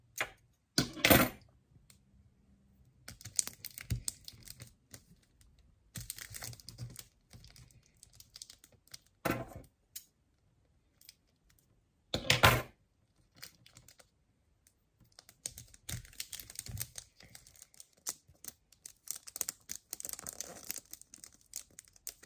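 Quiet tapping comes in irregular clusters of quick clicks, separated by short silences. A few sharper, louder taps stand out near the start, around nine seconds and again at twelve seconds. Bright, crinkly rustling fills the gaps, thickening toward the end.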